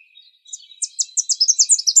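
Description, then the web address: Tennessee Warbler singing high, sharp chips that quicken into a rapid run of repeated notes, still going as the sound ends. From the Arizona Field Ornithologists sound library; dated 050107. "Sound Library Vermivora Parula Dendroica AZFO TEWA deviche 050107"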